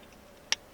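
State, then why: Seated. A steel 550 foothold trap is set in sand, and its pan trigger catches on the jaw dog. After a quiet stretch, one sharp, bright metal click comes at 0.5 s. The trap is set and level.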